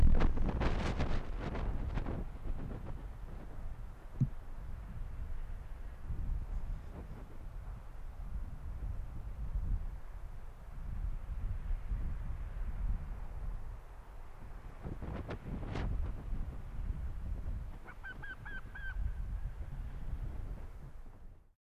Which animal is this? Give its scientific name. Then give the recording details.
Vulpes lagopus. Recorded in the wild. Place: Insel Mednyi, Kommandeur-Inseln, RU. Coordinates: 54.5167, 168.083. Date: 1999-08-24. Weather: 8°C, bedeckt. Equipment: Sony WM-D6C, Sennheiser ME 80, K 30 AV, Windkorb, Kopie Tascam DA 30. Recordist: Jakupi, Antje